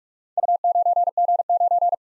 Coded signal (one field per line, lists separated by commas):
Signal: Morse code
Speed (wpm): 44 wpm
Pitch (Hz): 700 Hz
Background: none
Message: U9G9